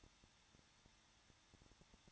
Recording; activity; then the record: daily activity, microphone in the room; no activity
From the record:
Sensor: 3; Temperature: 21.2 degrees Celsius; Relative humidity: 36.4%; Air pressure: 1006.4 hPa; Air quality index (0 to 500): 224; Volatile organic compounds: 44 ppm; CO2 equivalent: 3209 ppm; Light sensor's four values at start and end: 2/3/2/2 and 2/3/2/2